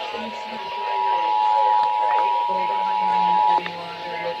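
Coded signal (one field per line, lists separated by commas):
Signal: Emergency Alert System (SAME) tones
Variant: 853 and 960 Hz attention tone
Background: speech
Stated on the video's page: Required Monthly Test on broadcast radio and TV, apparently a failed relay.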